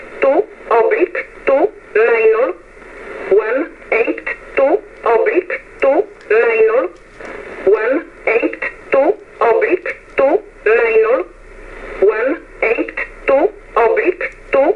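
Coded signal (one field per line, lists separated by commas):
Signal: numbers station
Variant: E11 Oblique, English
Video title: 15 08 2022 Numbers Station E11 Oblique in English to Eu 0830 on 15720 Warsaw in USB mode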